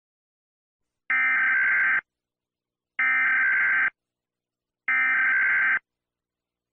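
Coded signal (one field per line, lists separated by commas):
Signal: Emergency Alert System (SAME) tones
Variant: header bursts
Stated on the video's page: Fictional EAS scenario, fake recreation.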